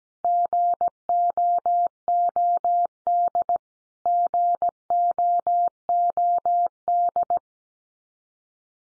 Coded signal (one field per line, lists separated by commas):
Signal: Morse code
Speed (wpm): 17 wpm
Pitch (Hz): 700 Hz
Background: none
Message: GOOD GOOD